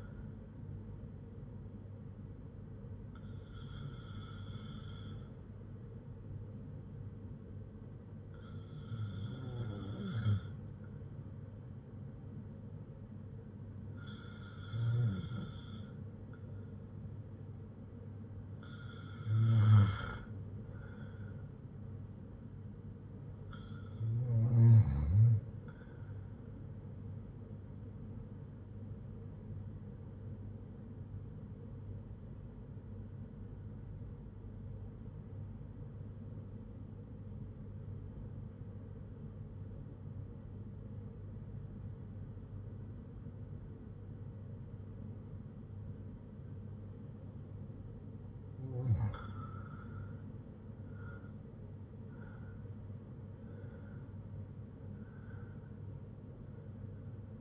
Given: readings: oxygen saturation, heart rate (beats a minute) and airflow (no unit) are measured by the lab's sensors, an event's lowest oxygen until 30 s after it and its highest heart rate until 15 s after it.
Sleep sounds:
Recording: breathing in sleep by a smartphone at the bedside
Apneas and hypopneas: 1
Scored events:
35.00-49.20 s: obstructive apnea (N1, oxygen 95% highest, then 93% lowest, heart rate 52 at the start, 77 highest)
From the record:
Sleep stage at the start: N1 (lightest sleep)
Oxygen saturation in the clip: 93 to 95%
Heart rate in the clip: 52 to 77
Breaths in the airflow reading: 11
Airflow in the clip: -6.6 to 8.4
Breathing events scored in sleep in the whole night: 182 in 7.4 hours asleep

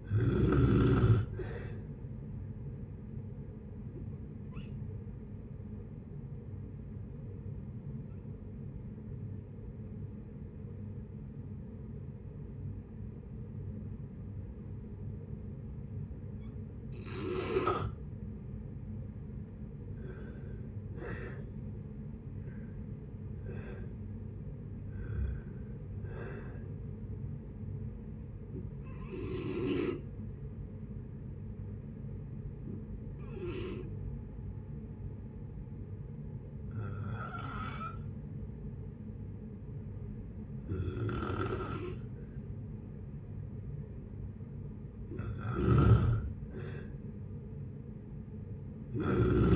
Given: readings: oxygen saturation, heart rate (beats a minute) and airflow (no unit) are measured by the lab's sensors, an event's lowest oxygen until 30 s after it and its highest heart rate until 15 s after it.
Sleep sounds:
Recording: breathing in sleep by a smartphone at the bedside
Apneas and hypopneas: 2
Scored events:
3.00-19.30 s: hypopnea (N2, oxygen 93% highest, then 84% lowest, heart rate 63 at the start, 76 highest)
11.00-41.00 s: new sleep stage, N1 (lightest sleep)
29.00-44.60 s: hypopnea (N1, oxygen 95% highest, then 92% lowest, heart rate 76 at the start, 76 highest)
41.00-49.56 s: new sleep stage, N2 (light sleep)
From the record:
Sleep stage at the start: N2 (light sleep)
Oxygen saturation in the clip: 84 to 96%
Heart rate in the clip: 56 to 76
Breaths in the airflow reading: 11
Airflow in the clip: -9.5 to 12.1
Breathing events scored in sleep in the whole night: 496 in 5.4 hours asleep

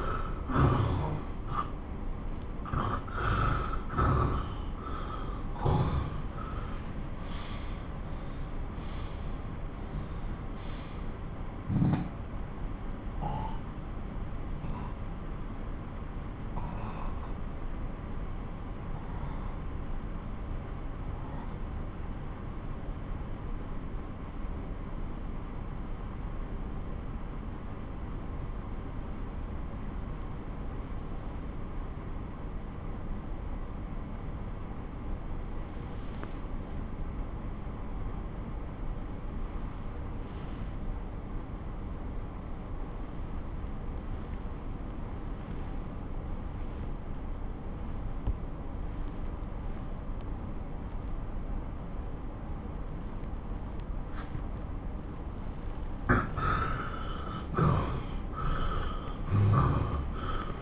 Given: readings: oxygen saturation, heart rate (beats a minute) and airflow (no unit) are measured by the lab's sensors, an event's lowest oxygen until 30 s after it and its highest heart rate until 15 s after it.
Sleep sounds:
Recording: breathing in sleep by a smartphone at the bedside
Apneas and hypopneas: 1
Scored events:
9.00-56.50 s: obstructive apnea (N1, oxygen 98% highest, then 92% lowest)
29.00-60.62 s: new sleep stage, N2 (light sleep)
From the record:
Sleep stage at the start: N1 (lightest sleep)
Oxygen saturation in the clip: 90 to 98%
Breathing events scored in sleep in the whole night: 217 in 6.3 hours asleep

